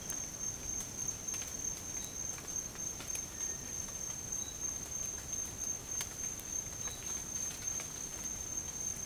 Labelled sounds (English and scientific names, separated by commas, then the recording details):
Cinereous Tinamou (Crypturellus cinereus)
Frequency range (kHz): Cinereous Tinamou (Crypturellus cinereus) 1.2-2.2 kHz
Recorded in dense forest near Puerto Asís, Putumayo, Colombia, on 30 June 2025 at 06:30
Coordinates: 0.503, -76.323
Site G059